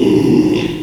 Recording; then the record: squeal of a Yucatan mini pig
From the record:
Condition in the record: after surgery on the right vocal fold (resection and tissue-engineered implant); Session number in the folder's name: 1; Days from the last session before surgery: 6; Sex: male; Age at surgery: 12 weeks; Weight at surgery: 13 kg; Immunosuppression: cyclosporine, prednisolone